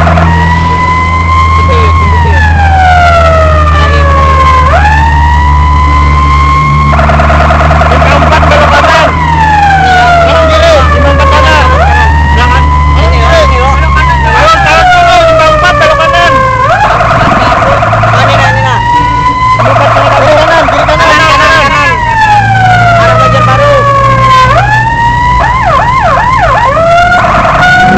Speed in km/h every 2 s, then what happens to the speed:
62, 59, 55, 52, 57, 57, 53, 48, 40, 40, 41, 40, 44, 39.
0-5 slows to 52. 5-11 steady at about 57. 11-16 slows to 40. 16-25 steady at about 40.